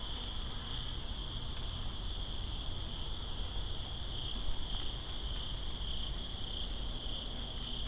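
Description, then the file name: Steady cricket trilling in one even high tone, with a continuous wash of falling rain. Crickets in Greensboro on September 2, 2017, during rain. "Greensboro Crickets And Rain September 02 2017"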